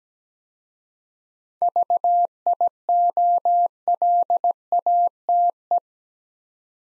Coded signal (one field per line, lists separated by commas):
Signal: Morse code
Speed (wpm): 17 wpm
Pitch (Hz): 700 Hz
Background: none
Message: VIOLATE